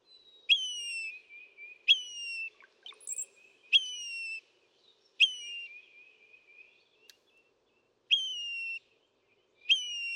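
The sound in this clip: Northern mockingbird song: slurred whistles falling into a level tone, repeated several times, with a brief high buzzy note between.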